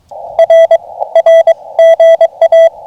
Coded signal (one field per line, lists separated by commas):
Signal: Morse code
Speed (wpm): 22 wpm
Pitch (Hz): 2000 Hz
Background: radio noise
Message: R R GA